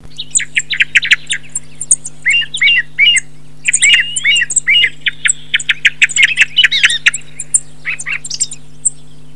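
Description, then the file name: Thrush sounds as rapid chattering runs of short notes, some rising and falling, with faint high ticks and a steady low hum behind. "TORDO"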